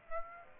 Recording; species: mosquito wingbeat signal from an infrared sensor; Aedes aegypti